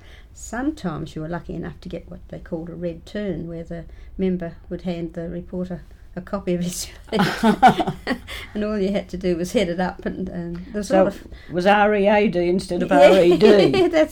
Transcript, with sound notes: Sometimes you were lucky enough to get what they called a red turn where the member would hand the reporter a copy of his speech [laughs] and all you had to do was head it up.
So it was read instead of red.